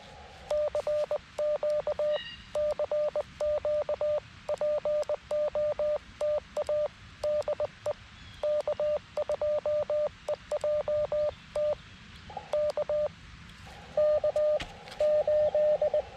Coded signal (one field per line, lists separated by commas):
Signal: Morse code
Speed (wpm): 20 wpm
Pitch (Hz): 600 Hz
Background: radio noise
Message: CQ CQ POTA DE K2EJT K K 8